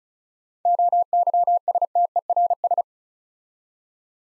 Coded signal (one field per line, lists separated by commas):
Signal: Morse code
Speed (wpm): 36 wpm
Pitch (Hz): 700 Hz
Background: none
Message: OYSTERS